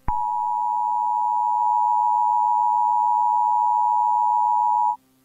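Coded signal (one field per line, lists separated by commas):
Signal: Emergency Alert System (SAME) tones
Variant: 853 and 960 Hz attention tone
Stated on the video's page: Fictional simulated EAS alert containing valid EAS tones.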